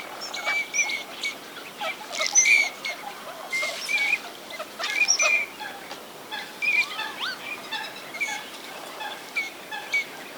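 Teal giving short high whistled notes, some doubled, at irregular intervals throughout, over steady background noise.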